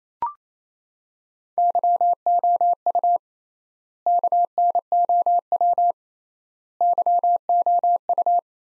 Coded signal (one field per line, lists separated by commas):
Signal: Morse code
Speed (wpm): 28 wpm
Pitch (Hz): 700 Hz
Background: none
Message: YOU KNOW YOU